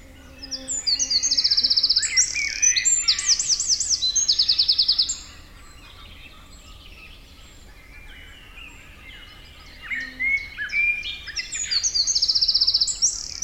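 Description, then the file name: Eurasian wren song, a loud, rapid burst of high trills and sharp notes lasting about five seconds, then a quiet pause, with a second trilled burst near the end. "Troglodytes troglodytes"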